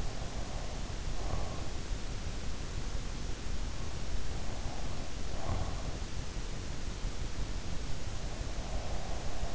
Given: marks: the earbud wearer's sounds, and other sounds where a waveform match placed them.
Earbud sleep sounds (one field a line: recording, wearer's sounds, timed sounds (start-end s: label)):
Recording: sounds in sleep by an in-ear microphone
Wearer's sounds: breath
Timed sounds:
0.00-1.95 s: breath
4.38-6.15 s: breath
8.54-9.54 s: breath